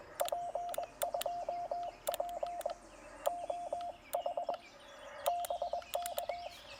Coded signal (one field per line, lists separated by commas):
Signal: Morse code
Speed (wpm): 21 wpm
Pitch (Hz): 700 Hz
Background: none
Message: P2P OH BK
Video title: Lake Alma POTA with the TR-45L: Pre-Hamvention CW Activation with WD8RIF!